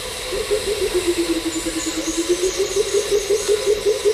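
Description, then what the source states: Pheasant coucal calling with a long string of low notes that dip in pitch and then rise again, over background hiss. Whole call; a large, rarely seen bird of the understory that forms lasting pairs and builds its own nest.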